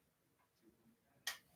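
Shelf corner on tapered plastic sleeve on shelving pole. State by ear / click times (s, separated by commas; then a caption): seated / 1.3 s. A shelf corner on a wire shelving unit is seated onto the tapered plastic sleeve halves fitted on a shelving pole. After quiet low rustling, a single sharp, bright snap is heard at 1.3 seconds. The shelf snaps into place and is seated.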